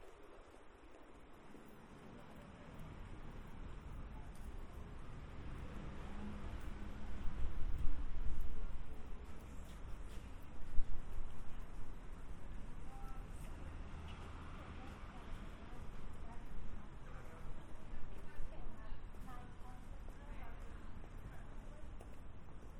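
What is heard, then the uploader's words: Outdoor ambience in a town centre around a Christmas tree, with a dense, steady murmur of voices and footsteps from passers-by. A low rumble of traffic swells around seconds seven to eleven, with a brief louder knock near eleven seconds, before settling back. Christmas Tree, Harrogate Town Centre.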